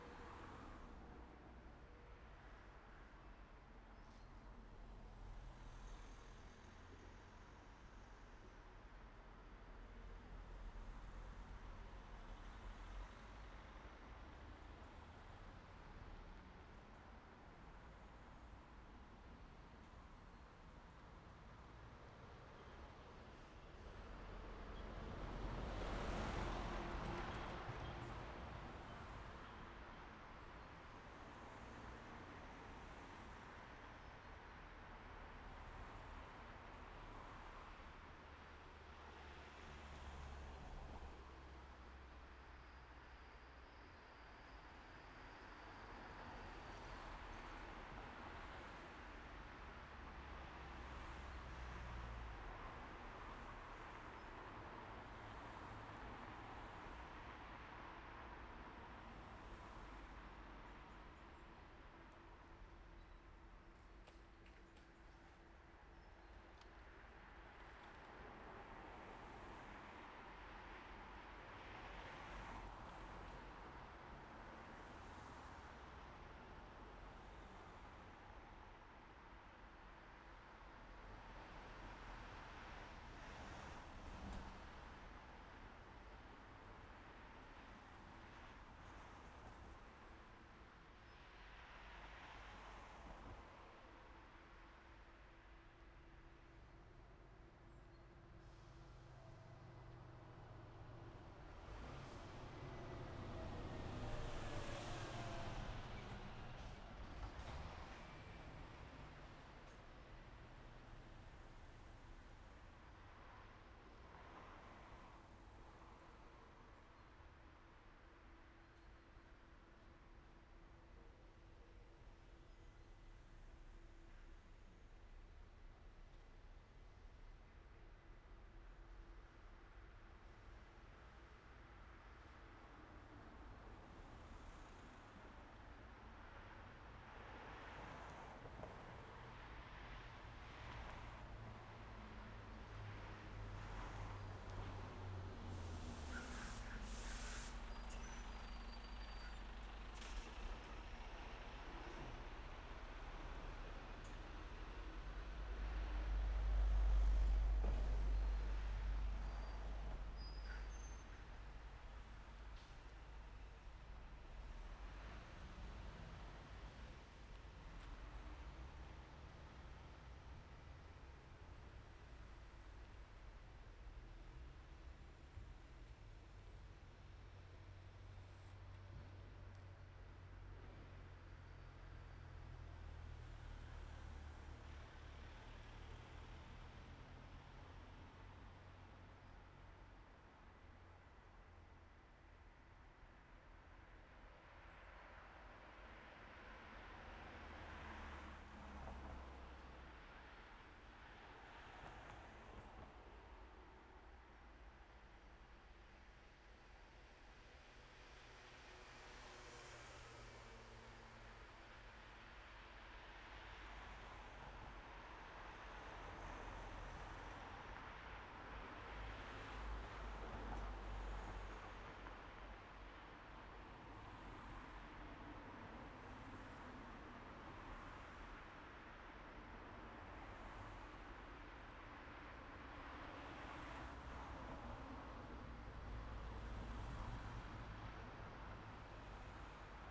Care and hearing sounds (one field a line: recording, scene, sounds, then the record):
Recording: everyday scene through a hearing-aid microphone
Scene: in traffic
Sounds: traffic, machine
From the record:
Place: main road on the outskirts, rush hour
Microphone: behind the ear, right, rear